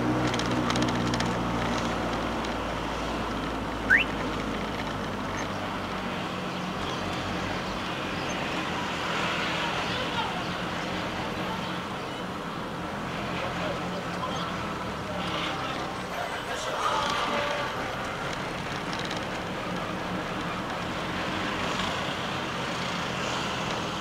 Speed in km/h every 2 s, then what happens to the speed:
35, 33, 29, 29, 25, 26, 26, 18, 19, 24, 22, 25.
0-7 slows to 25. 7-12 steady at about 26. 12-14 brakes to 18.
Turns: none.